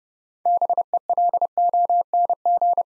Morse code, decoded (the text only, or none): BELONG